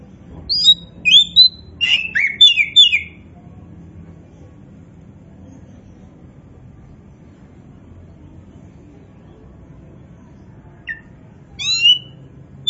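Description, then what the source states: Oriental magpie-robin song: a quick cluster of bright, chirpy whistled notes for about three seconds, a long quiet gap, then a short burst of high whistles near the end. Indonesian 'kacer poci' form, singing in 'gacor' style, meaning vigorous, continuous song.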